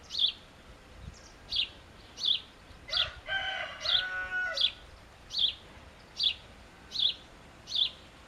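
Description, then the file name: House sparrow chirps: short, high notes repeated about every three-quarters of a second, with a brief stretch of lower, harmonic, buzzy sound in the middle. "Passer domesticus"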